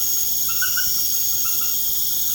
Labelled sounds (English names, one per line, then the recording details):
none
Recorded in pastures near Puerto Asís, Putumayo, Colombia, on 30 June 2025 at 22:30
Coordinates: 0.496, -76.326
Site GP01